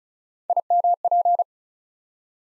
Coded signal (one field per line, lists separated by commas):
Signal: Morse code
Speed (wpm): 36 wpm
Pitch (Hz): 700 Hz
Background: none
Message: IMP